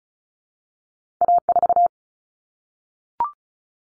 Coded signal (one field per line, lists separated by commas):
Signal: Morse code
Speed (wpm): 34 wpm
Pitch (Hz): 700 Hz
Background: none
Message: A4